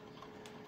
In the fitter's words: you'll feel it clicks into place